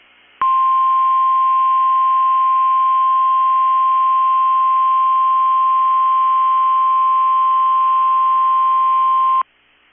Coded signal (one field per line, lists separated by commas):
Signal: Emergency Alert System (SAME) tones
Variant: 1050 Hz attention tone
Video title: 6/22/22 - KEC65 Required Weekly Test (EAS #553)